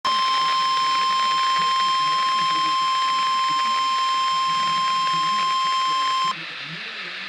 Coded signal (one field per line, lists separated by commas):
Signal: Emergency Alert System (SAME) tones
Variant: 1050 Hz attention tone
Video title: Severe T-Storm Warning [EAS #241] 7/7/13